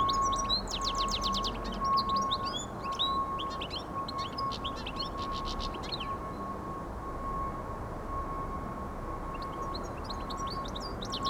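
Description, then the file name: European goldfinch song, a quick tinkling twitter of high, varied notes and fast trills for about six seconds, then a short burst again near the end, over a steady hum and background noise. "Carduelis carduelis"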